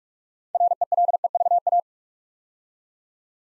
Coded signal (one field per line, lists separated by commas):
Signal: Morse code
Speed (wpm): 44 wpm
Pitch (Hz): 700 Hz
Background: none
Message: RELEVA